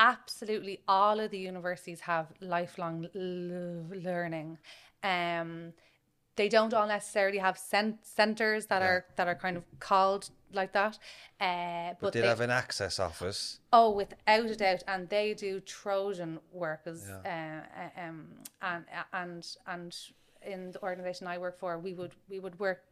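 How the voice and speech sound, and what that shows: Conversational speech from an adult woman who stammers. Stretched sounds, word and phrase repetitions ('we would, we would'), a repeated 'and', and filled pauses break the flow. These fit a mild stammer, with most speech otherwise fluent.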